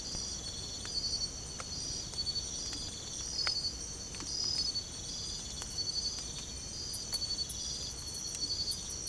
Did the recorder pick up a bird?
no